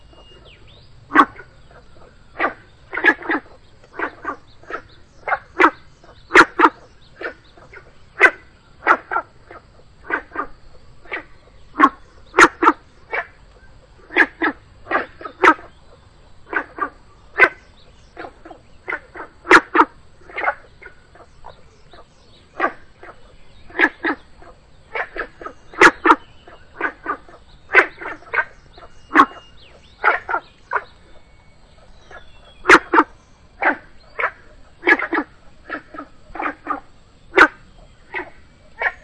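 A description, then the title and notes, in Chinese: Frogs call from a pond at the foot of a hill in early summer, a steady run of short, sharp croaks repeating every second or so across the whole stretch. The calls sound bright against a quiet, low background murmur. 桂林初夏－山脚下池塘蛙叫。声音都是我亲自去田野里录的。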